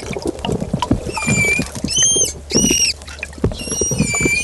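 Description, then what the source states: Manatee squeals: several bright harmonic squeaks, some arched and some flat, over watery splashing and a low hum. Frightened manatee.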